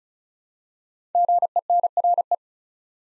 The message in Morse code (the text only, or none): GENRE